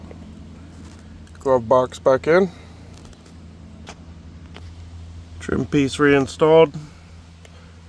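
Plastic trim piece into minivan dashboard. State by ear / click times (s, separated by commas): seated / 7.4 s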